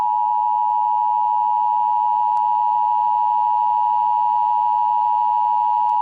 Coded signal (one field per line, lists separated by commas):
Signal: Emergency Alert System (SAME) tones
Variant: 853 and 960 Hz attention tone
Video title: Zombie EAS Alert: Zombie Army